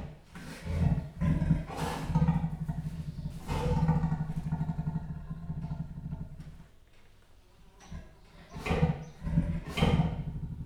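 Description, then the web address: Leopard snoring: low, rasping pulsed rumbles in long drawn breaths, with louder harsh bursts near the start and end and a quieter pause between. Captive leopard snoring at a zoo in Jászberény, in 2015. "allathangok jaszberenyizoo 2015 leopard horgoallat egyleggyelfuszerezve"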